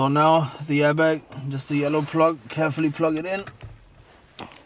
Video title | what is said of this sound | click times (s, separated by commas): WRAPPING MY MERCEDES STEERING IN CARBON FIBER | yeah make sure it clicks in done now place the airbag | 4.4 s